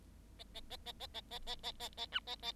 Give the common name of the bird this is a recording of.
Bengalese Finch